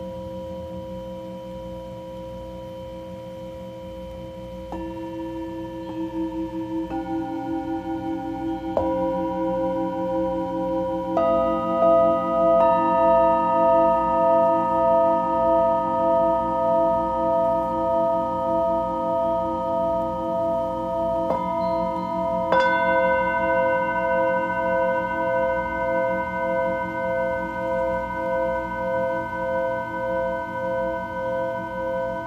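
A Tibetan singing bowl rings with a steady, pure tone, joined by new strikes or rubs around 5, 7, 9, 11 and 22 seconds that layer fresh pitches over the hum. The sound builds and holds, with a slow pulsing waver throughout.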